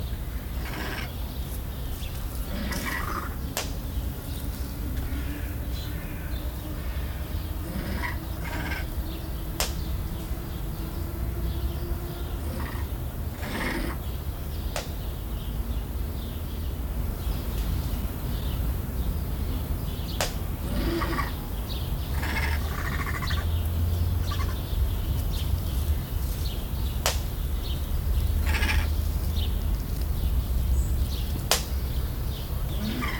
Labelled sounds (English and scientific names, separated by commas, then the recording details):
Spot-bellied Eagle-Owl (Bubo nipalensis)
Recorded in captivity
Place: Zoo Berlin, Berlin, DE
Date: 1995-07-22 19:57
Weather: heiter, 20-22°C
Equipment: Sony WM-D6C, Sennheiser ME 80, Kopie Uher 4000 Report Monitor
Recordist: Tembrock, Günter